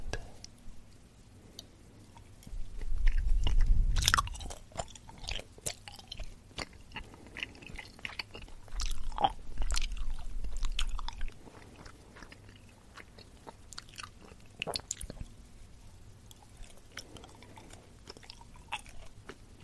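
Sticky jelly chewing with quick crisp clicks and smacks, with low rumbling bursts around 3–4 and 9–11 seconds.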